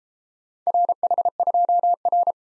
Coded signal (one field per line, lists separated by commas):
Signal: Morse code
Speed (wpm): 31 wpm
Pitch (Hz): 700 Hz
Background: none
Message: RH2R